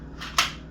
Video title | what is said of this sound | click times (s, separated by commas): OWB Holster vs IWB Holster | But you I can do it. But yeah, you can hear it click in | 0.4 s